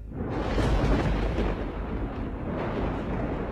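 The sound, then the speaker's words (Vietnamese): A deep, heavy rumble of thunder booms loudly and rolls on steadily for several seconds, dense with low-end energy and no voices, accompanied by flickering lightning. “Một tiếng sấm nổ vang trời, kèm theo tia chớp lập lòe ở đằng xa.”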